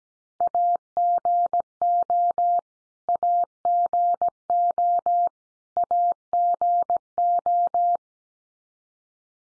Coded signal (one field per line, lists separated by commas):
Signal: Morse code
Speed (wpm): 17 wpm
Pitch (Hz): 700 Hz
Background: none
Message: AGO AGO AGO